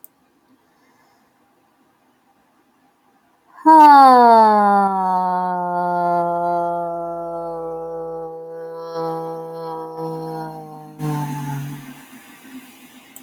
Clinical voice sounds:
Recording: vowel held as long as possible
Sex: female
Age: 30 to 39 years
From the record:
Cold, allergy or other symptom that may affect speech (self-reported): no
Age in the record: 30 years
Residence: Minnesota, United States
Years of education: 15

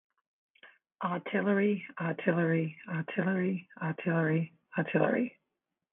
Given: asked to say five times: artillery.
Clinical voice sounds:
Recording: repeated word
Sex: female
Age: 40 to 49 years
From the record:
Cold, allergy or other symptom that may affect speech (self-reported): no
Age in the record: 44 years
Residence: California, United States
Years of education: 15

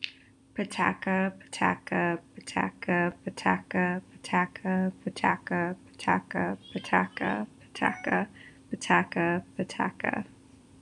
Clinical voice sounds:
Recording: repeated syllables /pa ta ka/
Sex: female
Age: 30 to 39 years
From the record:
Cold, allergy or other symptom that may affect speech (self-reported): no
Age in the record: 31 years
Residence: Kentucky, United States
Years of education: 16

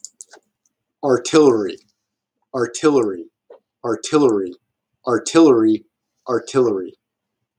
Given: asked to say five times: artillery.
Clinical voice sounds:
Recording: repeated word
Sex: male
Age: 30 to 39 years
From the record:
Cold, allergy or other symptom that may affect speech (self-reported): no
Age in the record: 39 years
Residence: New Jersey, United States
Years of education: 16

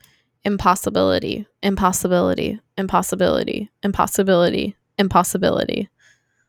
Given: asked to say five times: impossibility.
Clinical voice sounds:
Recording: repeated word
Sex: female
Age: 20 to 29 years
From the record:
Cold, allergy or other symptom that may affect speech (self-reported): no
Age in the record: 27 years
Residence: Florida, United States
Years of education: 19

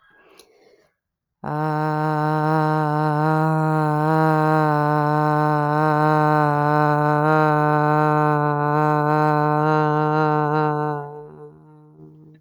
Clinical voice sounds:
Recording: vowel held as long as possible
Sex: female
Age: 30 to 39 years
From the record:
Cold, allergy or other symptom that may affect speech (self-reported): no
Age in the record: 39 years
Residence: Texas, United States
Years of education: 16

